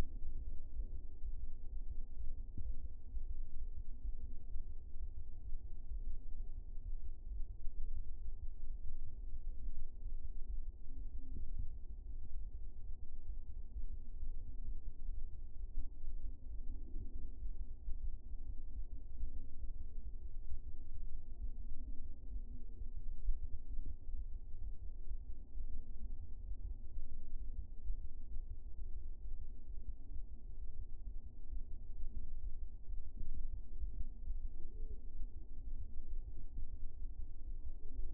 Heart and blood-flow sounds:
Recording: fetal heart sounds by stethoscope on the mother's abdomen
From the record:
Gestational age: 38 weeks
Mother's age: 37 years

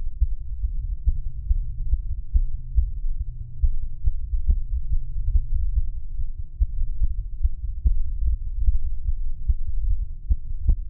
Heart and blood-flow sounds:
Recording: fetal heart sounds by stethoscope on the mother's abdomen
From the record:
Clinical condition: bleeding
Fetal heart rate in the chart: 148 bpm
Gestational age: 34 weeks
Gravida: 3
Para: 1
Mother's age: 23 years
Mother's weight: 49 kg

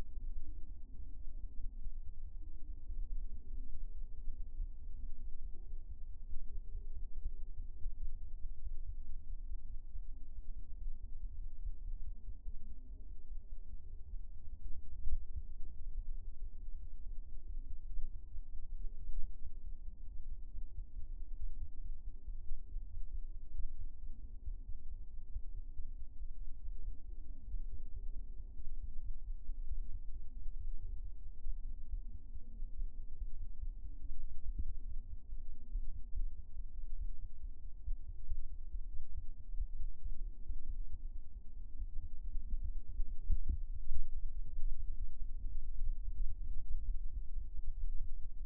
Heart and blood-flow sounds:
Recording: fetal heart sounds by stethoscope on the mother's abdomen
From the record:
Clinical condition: abdominal pain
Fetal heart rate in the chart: 145 bpm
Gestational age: 36 weeks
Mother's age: 19 years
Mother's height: 153 cm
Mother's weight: 63 kg

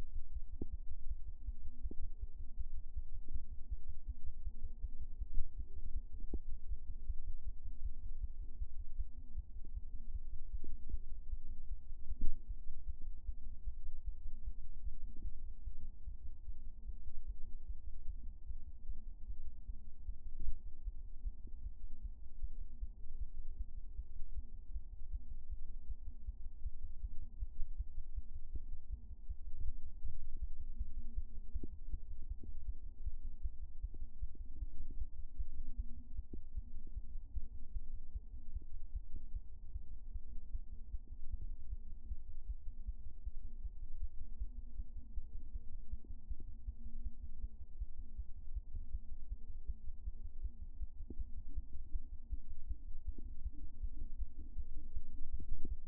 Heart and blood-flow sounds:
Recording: fetal heart sounds by stethoscope on the mother's abdomen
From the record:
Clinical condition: term gestation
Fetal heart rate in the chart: 156 bpm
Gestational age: 40 weeks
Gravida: 2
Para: 1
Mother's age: 27 years

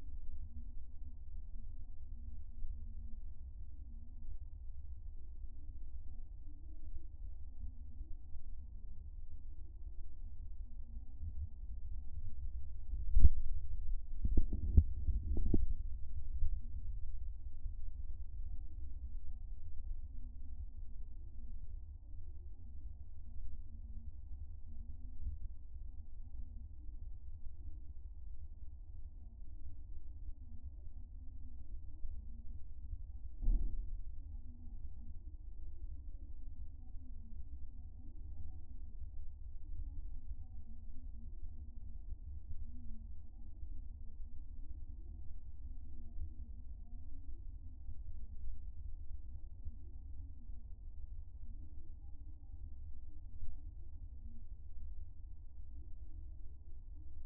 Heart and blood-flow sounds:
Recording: fetal heart sounds by stethoscope on the mother's abdomen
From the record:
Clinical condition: gestational diabetes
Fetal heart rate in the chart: 140 bpm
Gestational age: 37 weeks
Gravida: 4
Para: 1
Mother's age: 23 years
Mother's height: 153 cm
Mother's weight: 73 kg

